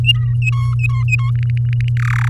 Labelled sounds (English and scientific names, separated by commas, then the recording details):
Domestic Canary (Serinus canaria) song
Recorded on 7 May 2018 at 16:57
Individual llb16